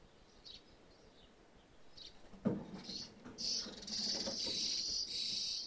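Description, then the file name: Birds start with faint hisses, then a thump, then a sustained loud rasping hiss that fills the last two seconds. Birds feeding in a roof space; stereo recording. "ambience birds in roof space feeding"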